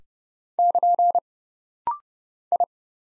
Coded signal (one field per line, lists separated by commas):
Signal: Morse code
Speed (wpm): 30 wpm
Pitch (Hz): 700 Hz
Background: none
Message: <KN> I